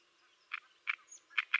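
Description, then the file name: Great reed warbler song fragment: four short, harsh, croaky notes, the last two close together, loud against a quiet background. "Cannareccione"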